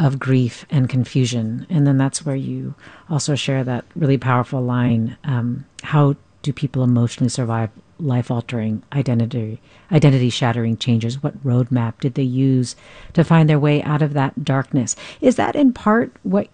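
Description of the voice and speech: A man speaks fluently in a clear, steady voice at an ordinary pace, posing a reflective question.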